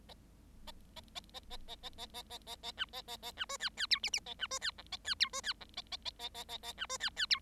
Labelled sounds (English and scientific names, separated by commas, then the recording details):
Bengalese Finch (Lonchura striata domestica) song
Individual Bird7